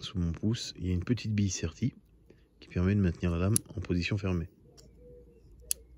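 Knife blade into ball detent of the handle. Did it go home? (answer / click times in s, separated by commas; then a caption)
yes / 5.7 s. Someone talks while closing the blade of a handmade liner lock folding knife, with a small crimped ball set under the thumb in the handle. At 5.7 s a sharp clack is heard as the ball drops into a tiny pre-drilled recess in the blade, seating it in its detent and holding the blade shut.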